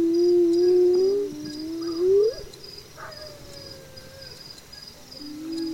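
Hyena whoops: a long low moaning call, then a rising whoop that swoops upward, with softer calls following, all against regular cricket chirping.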